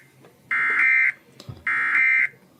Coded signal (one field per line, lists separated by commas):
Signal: Emergency Alert System (SAME) tones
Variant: end-of-message bursts